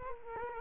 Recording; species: mosquito wingbeat signal from an infrared sensor; Culex quinquefasciatus